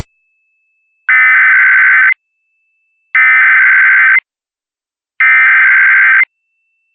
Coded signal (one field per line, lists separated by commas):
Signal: Emergency Alert System (SAME) tones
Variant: header bursts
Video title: Top 5 SCARIEST Emergency Alerts.